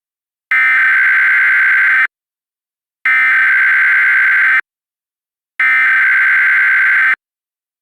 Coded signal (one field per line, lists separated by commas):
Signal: Emergency Alert System (SAME) tones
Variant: header bursts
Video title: Big Chungus - an EAS Scenario